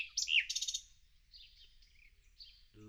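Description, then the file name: Nightingale song burst of sharp whistled and rattling notes at the start, fading into quiet twittering, with a brief low humming sound at the end. "Luscinia megarhynchos"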